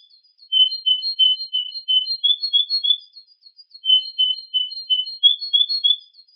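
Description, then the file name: Canary song of steady repeated whistled notes in evenly spaced runs, with brief high chirps between the rolling phrases. A combination of Yorkshire and Russian canary songs. "Kombinasi Suara Kenari Yorkshire dan Rusia"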